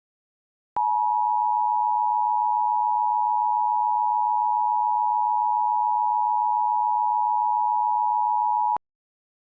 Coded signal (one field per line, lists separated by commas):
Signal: Emergency Alert System (SAME) tones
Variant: 853 and 960 Hz attention tone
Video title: EAS Winter Storm Warning Dec 2016 in Wyoming